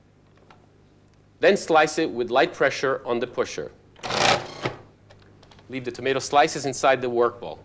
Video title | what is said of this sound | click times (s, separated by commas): 1998 Cuisinart DLC 10 | replace The Pusher and press the the sleeve into place until you hear it lock | 0.5 s